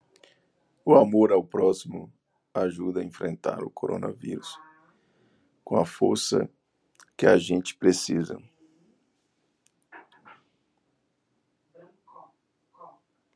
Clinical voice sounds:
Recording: spoken sentence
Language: Brazilian Portuguese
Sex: male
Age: 40 to 49 years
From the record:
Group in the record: control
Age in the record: 45 years

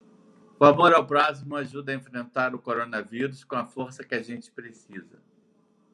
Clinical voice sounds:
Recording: spoken sentence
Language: Brazilian Portuguese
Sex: male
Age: 50 to 59 years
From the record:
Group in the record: control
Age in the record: 58 years

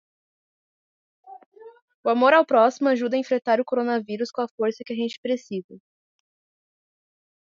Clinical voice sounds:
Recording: spoken sentence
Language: Brazilian Portuguese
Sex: female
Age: 30 to 39 years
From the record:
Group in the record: control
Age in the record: 37 years

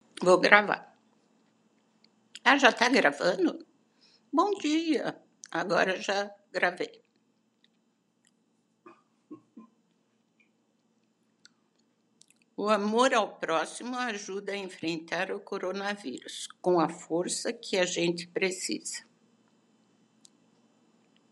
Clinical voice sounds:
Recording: spoken sentence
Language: Brazilian Portuguese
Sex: female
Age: 70 to 79 years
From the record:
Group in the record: control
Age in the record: 73 years

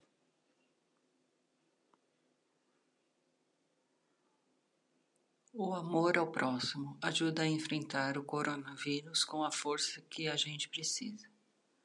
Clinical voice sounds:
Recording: spoken sentence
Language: Brazilian Portuguese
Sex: female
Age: 40 to 49 years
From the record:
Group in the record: control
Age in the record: 48 years

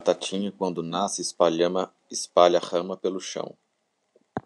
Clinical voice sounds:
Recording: short text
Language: Brazilian Portuguese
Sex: male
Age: 30 to 39 years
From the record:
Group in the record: control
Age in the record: 39 years

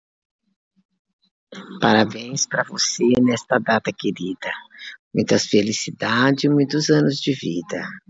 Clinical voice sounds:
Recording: short text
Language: Brazilian Portuguese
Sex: female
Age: 60 to 69 years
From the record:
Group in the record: control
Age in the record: 66 years

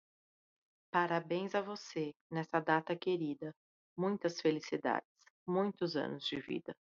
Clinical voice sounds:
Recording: short text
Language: Brazilian Portuguese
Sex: female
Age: 30 to 39 years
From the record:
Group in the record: control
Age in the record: 39 years

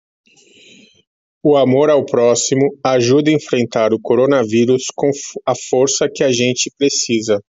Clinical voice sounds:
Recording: spoken sentence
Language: Brazilian Portuguese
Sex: male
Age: 40 to 49 years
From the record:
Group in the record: control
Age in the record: 49 years

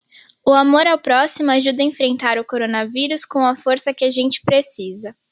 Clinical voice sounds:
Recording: spoken sentence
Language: Brazilian Portuguese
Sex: female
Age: 18 to 19 years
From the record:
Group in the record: control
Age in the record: 18 years

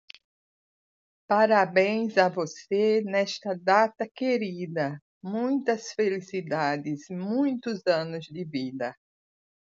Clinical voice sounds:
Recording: short text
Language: Brazilian Portuguese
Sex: female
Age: 60 to 69 years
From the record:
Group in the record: control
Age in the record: 60 years

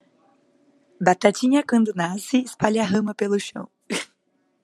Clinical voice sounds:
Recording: short text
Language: Brazilian Portuguese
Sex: female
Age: 20 to 29 years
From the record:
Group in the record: control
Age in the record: 24 years

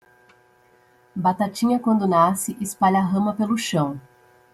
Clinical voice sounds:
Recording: short text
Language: Brazilian Portuguese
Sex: female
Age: 30 to 39 years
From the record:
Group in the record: control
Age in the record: 34 years

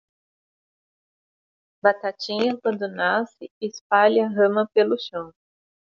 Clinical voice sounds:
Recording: short text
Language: Brazilian Portuguese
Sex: female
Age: 50 to 59 years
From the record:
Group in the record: control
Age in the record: 50 years

